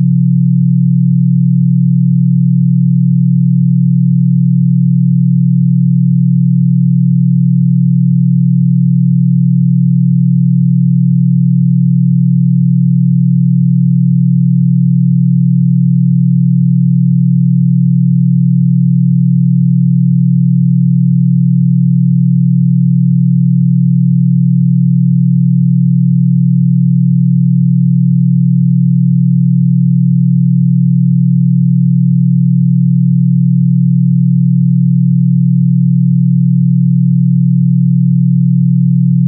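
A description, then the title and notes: A pure 40Hz binaural beat plays as a single steady, low hum that never changes over the whole stretch. The tone is smooth and unbroken, sitting well below the bright range, with no other sounds around it. Pure 40Hz Binaural Beats.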